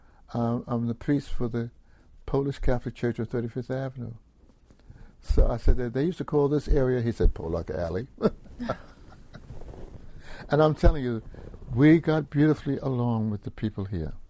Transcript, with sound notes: I’m the priest for the Polish Catholic Church on 35th Avenue.” So I said, “They used to call this area—” he said, “Pollock Alley.” [Laughs] And I’m telling you, we got beautifully along with the people here.